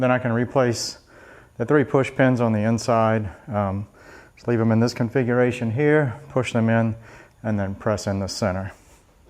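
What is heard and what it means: Someone talks while handling plastic trim push pin rivets for an inner body panel on a Yamaha Ténéré 700 motorcycle, during a Garmin Zumo XT install with factory wiring. The pins are about to be pushed in and their centers pressed. Nothing has seated or clicked yet.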